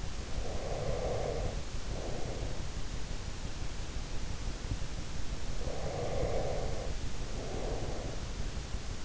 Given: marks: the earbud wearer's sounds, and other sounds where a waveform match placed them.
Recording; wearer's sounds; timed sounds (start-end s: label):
sounds in sleep by an in-ear microphone; breath
0.00-3.03 s: breath
5.54-8.49 s: breath